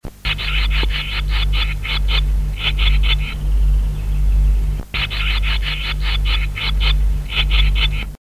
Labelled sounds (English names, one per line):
Barn Swallow call